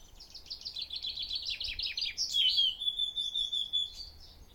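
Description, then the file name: Eurasian blackcap singing a fast, chattering warble that breaks into a clear, drawn-out fluty whistled phrase in the second half. "Sylvia atricapilla"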